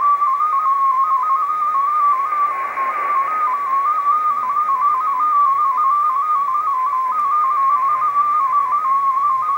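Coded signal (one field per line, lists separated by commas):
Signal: multi-tone FSK (Olivia or MFSK type)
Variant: MFSK16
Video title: Full W1AW MFSK16 digital bulletin decode on 80 meters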